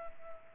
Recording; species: mosquito wingbeat signal from an infrared sensor; Culex pipiens